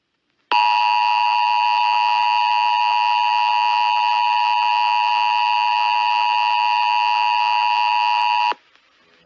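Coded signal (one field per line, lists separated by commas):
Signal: Emergency Alert System (SAME) tones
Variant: 853 and 960 Hz attention tone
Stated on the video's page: Simulated Required Monthly Test for a fictional Mushroom Kingdom, a mock alert.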